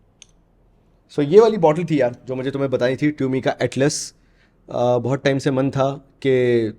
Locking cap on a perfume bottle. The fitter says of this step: And I have to lock it. यह अब lock हो गया।